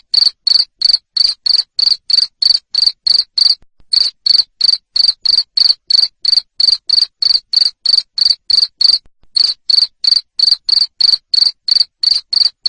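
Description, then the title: Cricket song of sharp, high chirps in a fast, even series, roughly three each second, pausing briefly twice. Loud cricket chirping (jangkrik ngerik) played to stimulate lovebirds into continuous singing (ngekek). "Suara JANGKRIK NGERIK Keras Bikin LOVEBIRD Jadi NGEKEK Terus Vubey"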